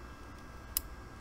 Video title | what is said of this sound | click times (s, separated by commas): Chinese Norinco Type 54 Tokarev TT-33 Review : Factory 66 Surplus Import | hear that click now there's a gap now we have a dead trigger | 0.8 s